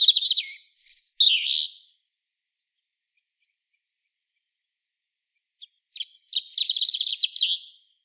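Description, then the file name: European robin song in two phrases of high liquid whistles and fast twittering trills, separated by a few seconds of silence. "Erithacus rubecula"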